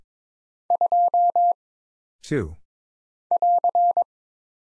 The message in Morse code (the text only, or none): 2 <AR>